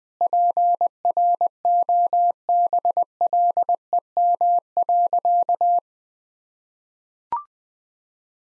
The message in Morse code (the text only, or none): PROBLEM.